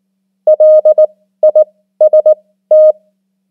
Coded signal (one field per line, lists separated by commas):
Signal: Morse code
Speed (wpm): 19 wpm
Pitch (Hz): 620 Hz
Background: none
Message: LIST